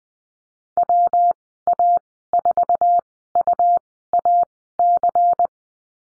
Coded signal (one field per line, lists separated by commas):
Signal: Morse code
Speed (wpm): 20 wpm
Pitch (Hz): 700 Hz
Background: none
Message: WA4UAC